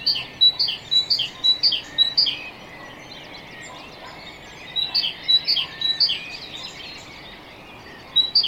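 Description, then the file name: Great tit singing a ringing two-note phrase over and over in short bursts, separated by pauses of a few seconds. "Parus major"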